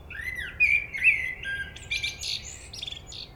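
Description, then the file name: Common blackbird song: smooth whistled notes give way to a burst of harsh, high scratchy twittering. "Turdus merula"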